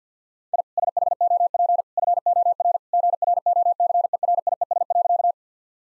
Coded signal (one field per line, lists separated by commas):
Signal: Morse code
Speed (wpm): 50 wpm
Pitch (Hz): 700 Hz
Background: none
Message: I SHOP FOR GROCERIES.